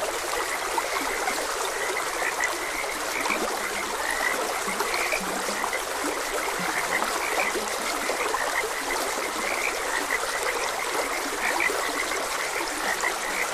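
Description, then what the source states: Frogs keep up a steady chorus of short croaking notes over the even wash of a running stream. Frogs croaking beside a gentle stream.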